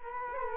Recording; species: mosquito wingbeat signal from an infrared sensor; Culex quinquefasciatus